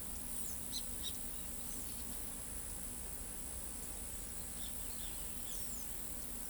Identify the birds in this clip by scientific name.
Thraupis palmarum, Pitangus sulphuratus